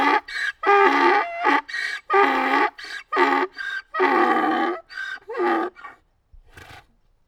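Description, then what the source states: Donkey braying in a series of harsh, rasping see-saw cries, alternating wheezy inhales and loud honks, ending in quieter snorts. Donkey crying.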